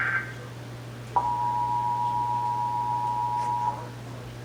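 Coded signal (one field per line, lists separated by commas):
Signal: Emergency Alert System (SAME) tones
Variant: 853 and 960 Hz attention tone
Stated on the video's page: Texas Required Monthly EAS Test, July 2024, as received on several radio and TV stations.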